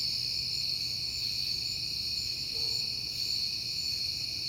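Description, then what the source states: Crickets chirping in a dense, steady chorus, a continuous high shimmering trill with several overlapping pitches, over a faint low hum. Recorded on a peaceful night in September.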